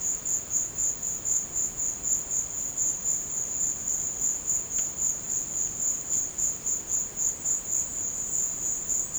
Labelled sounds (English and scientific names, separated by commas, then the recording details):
none
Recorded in dense forest near Puerto Asís, Putumayo, Colombia, on 24 March 2025 at 16:00
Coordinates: 0.500, -76.322
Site GP06